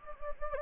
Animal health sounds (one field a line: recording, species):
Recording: mosquito wingbeat signal from an infrared sensor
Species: Anopheles gambiae